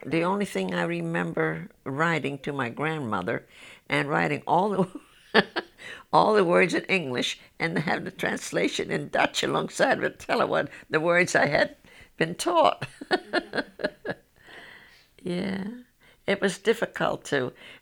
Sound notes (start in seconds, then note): 4.8 she laughs; 12.7 she laughs